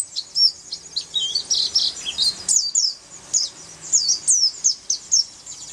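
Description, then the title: White-eye, high-pitched twittering song made of quick, jumbled chips and slurs, steady throughout with a faint low hum beneath. "Pleci"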